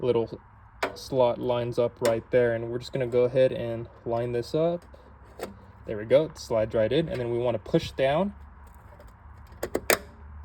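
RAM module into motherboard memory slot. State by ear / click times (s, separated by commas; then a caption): seated / 9.6 s, 9.8 s, 9.9 s. A RAM stick is lined up with the slot notch and pushed down into a motherboard memory slot while someone talks. Sharp clicks come at 9.6, 9.8 and 9.9 seconds as the retaining clips snap. The module is seated.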